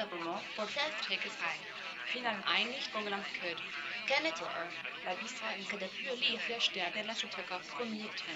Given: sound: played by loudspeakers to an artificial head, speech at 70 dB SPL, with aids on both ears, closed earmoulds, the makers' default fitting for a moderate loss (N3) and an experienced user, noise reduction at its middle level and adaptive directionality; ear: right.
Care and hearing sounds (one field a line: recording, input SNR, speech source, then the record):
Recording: speech test signal (ISTS) in cocktail-party noise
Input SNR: +3 dB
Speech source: in front (0 degrees)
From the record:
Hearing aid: class 1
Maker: F